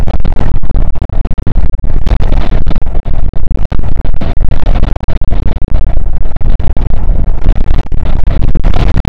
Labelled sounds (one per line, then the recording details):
wind
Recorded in the Arctic National Wildlife Refuge, Alaska, on 5 June 2019 at 00:00
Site 48